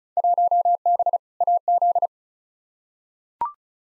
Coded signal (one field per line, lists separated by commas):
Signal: Morse code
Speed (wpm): 36 wpm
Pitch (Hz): 700 Hz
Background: none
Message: 1B AZ